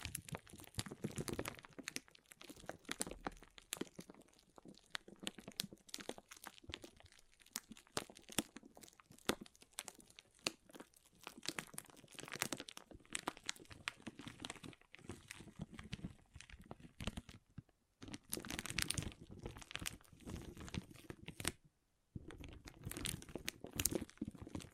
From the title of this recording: Soothing & Deep Water Beads Sounds